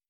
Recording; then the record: hydrophone in a shrimp aquaculture tank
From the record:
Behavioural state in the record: stressed